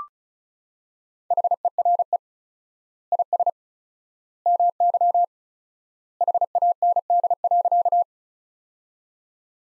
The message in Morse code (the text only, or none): HERE IS MY HAND.